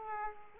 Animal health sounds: mosquito wingbeat signal from an infrared sensor; Aedes aegypti

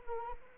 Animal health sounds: mosquito wingbeat signal from an infrared sensor; Anopheles arabiensis

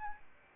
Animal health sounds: mosquito wingbeat signal from an infrared sensor; Aedes albopictus

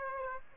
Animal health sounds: mosquito wingbeat signal from an infrared sensor; Aedes aegypti

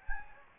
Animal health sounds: mosquito wingbeat signal from an infrared sensor; Anopheles gambiae

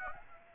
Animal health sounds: mosquito wingbeat signal from an infrared sensor; Aedes aegypti

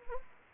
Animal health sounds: mosquito wingbeat signal from an infrared sensor; Anopheles gambiae

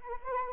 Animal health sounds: mosquito wingbeat signal from an infrared sensor; Anopheles arabiensis

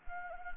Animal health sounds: mosquito wingbeat signal from an infrared sensor; Anopheles arabiensis

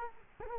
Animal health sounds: mosquito wingbeat signal from an infrared sensor; Culex quinquefasciatus

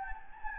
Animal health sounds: mosquito wingbeat signal from an infrared sensor; Anopheles gambiae

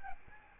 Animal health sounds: mosquito wingbeat signal from an infrared sensor; Aedes albopictus

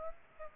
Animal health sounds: mosquito wingbeat signal from an infrared sensor; Aedes aegypti

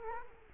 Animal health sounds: mosquito wingbeat signal from an infrared sensor; Culex quinquefasciatus

